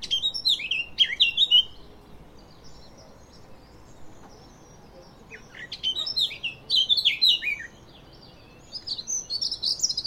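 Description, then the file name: Eurasian blackcap song: three bursts of quick, bright warbling, each a tumbling run of high notes, separated by pauses. "Sylvia atricapilla"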